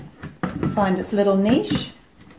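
The plastic lid of a ThermoCook Pro M 2.0 (2021) kitchen appliance mixing bowl is handled and placed into its niche on the bowl, with short handling knocks near 0.2, 0.4 and 0.6 s while someone talks. Nothing has seated or clicked yet; the lid is not locked when the clip ends.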